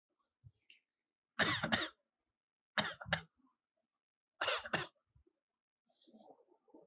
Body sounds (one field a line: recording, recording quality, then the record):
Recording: shallow voluntary cough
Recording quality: excellent, no background noise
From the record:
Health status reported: healthy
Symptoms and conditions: none ticked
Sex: male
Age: 21 years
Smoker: yes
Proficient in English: yes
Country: India